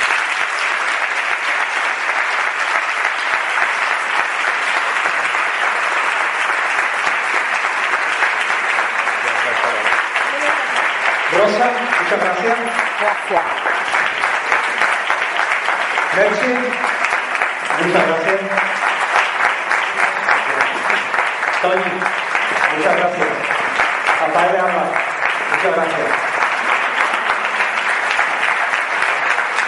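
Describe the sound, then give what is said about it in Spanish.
A large audience applauds four people steadily for half a minute, a dense, even wash of clapping with occasional brief voices and shouts rising through it. “Yo aquí hoy no he sido el protagonista, el protagonista han sido, o los protagonistas han sido ellos 4, y ahora sí os pido, por favor, un aplauso a ellos 4.”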